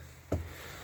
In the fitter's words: handle it then locks in place